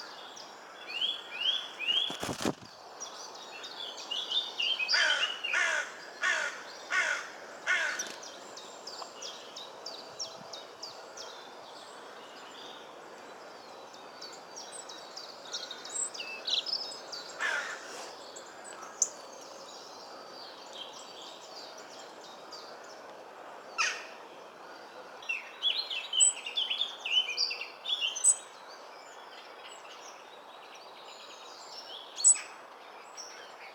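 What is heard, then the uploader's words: A goldfinch sings bursts of bright, twittering notes over a steady hiss, with a sharp click near two seconds and renewed chatter near the end. Goldfinch. Very european bird.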